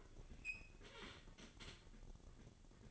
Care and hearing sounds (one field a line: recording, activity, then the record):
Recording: daily activity, microphone in the room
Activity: open fridge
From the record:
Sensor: 4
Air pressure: 1008.6 hPa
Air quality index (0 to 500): 72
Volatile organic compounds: 1 ppm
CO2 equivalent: 625 ppm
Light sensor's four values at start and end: 12/27/11/11 and 12/27/11/11